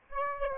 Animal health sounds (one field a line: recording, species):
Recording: mosquito wingbeat signal from an infrared sensor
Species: Aedes aegypti